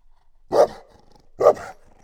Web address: allathangok termeszetben kutya lancvegencsahol octava egerturistahaz 01 28